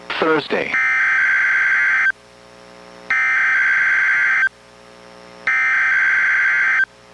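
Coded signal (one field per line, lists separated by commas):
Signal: Emergency Alert System (SAME) tones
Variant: header bursts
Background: speech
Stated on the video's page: NWR Required Weekly Test issued by NWS Portland, relayed by KEC91 Astoria, recorded from a Reecom R-1630 weather radio via a Zoom H1 recorder.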